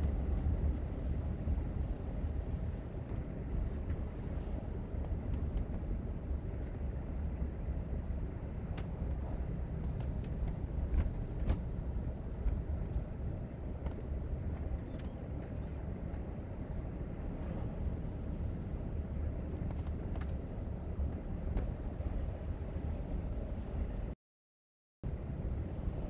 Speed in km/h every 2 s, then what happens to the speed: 47, 44, 44, 42, 40, 45, 47, 48, 50, 45, 45, 47, 50.
0-9 steady at about 44. 9-15 speeds up to 50. 15-21 steady at about 45.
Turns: none.